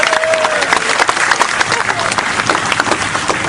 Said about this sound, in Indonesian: Tepuk tangan semuanya